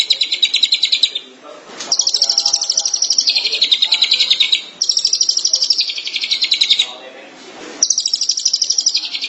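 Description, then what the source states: Long-tailed Shrike song: rapid, scratchy rattling phrases of repeated notes, each lasting a few seconds and separated by short gaps. Local Indonesian name 'pentet'; recording labelled 201703.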